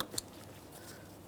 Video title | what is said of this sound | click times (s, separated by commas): How to Replace Spark Plugs 2012-2018 Nissan Maxima 3.5L V6 | After an audible click, a light tug confirming it's properly secured. | 0.0 s, 0.2 s